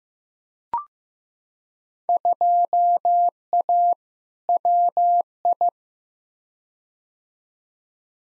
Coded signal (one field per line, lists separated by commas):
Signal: Morse code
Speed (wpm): 15 wpm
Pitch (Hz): 700 Hz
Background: none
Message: 2A WI